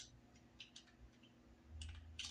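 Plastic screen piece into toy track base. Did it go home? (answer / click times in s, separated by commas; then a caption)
no / none. A plastic snap-in-place screen piece is handled and pushed toward its slot on the base of a $5 Dollar Tree toy race track set. Several light plastic taps and clicks are heard, with a low rumble and a sharper knock near 2.2 s at the end. Nothing has seated or clicked into place yet.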